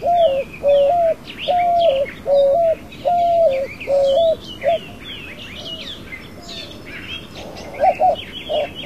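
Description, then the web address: White-winged dove song: several hooting coos in quick succession, then softer fragments, over a busy chorus of chirping and whistling birds. North America. "Songs of Birds of North America Stokes. White-winged Dove"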